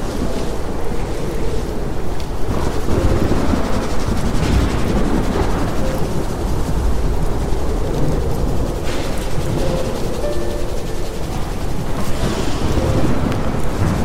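A storm roars in a dense, steady rush of low rumbling wind, with brighter gusts swelling around four, nine and twelve seconds.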